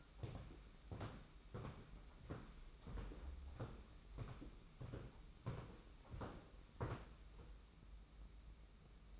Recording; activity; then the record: daily activity, microphone in the room; walk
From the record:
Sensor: 1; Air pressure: 991.6 hPa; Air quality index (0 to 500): 170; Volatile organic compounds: 1000 ppm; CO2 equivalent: 6403 ppm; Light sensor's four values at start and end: 30/99/39/40 and 30/101/39/40